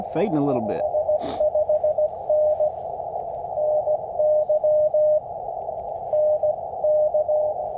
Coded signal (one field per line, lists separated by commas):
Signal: Morse code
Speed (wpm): 15 wpm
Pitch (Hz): 610 Hz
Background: speech, radio noise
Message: ES 5NN Y NK